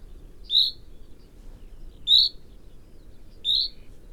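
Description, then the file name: Common chaffinch calling, three short sharp metallic notes spaced about one and a half seconds apart, over a faint low background hum. "Fringilla coelebs"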